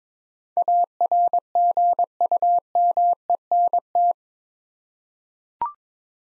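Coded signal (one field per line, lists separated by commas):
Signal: Morse code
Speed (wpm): 21 wpm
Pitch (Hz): 700 Hz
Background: none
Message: ARGUMENT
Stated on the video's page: Morse head-copy drill of eight-letter words at 22 wpm; each word is sent, then spoken, then sent again.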